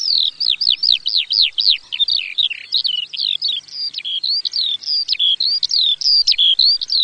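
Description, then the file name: Eurasian skylark singing a fast, continuous warble of sharp, high chirps and downslurred notes, densely packed and varied, running through the whole seven seconds. "skowronek"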